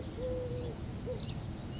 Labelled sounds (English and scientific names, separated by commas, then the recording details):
Eurasian Collared Dove (Streptopelia decaocto)
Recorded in Sonoma County, California